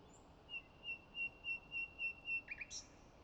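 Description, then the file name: Common nightingale singing a series of pure, evenly spaced whistled notes on one pitch, then a short burst of quicker notes ending on a high one. "Luscinia megarhynchos"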